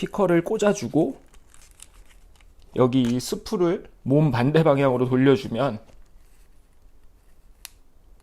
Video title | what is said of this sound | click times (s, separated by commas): 흑백필름 현상하기 | 이렇게 딸깍하고 소리가 납니다. | 7.6 s